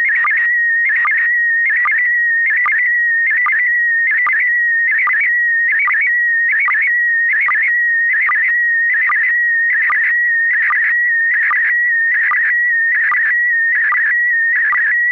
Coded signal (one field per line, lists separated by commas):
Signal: SSTV (slow-scan television)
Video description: Use MMSSTV (Windows), Robot 36 (Android), QSSTV (as in the video, Linux) or one of the SSTV programs/apps for Apple to decode the audio yourself.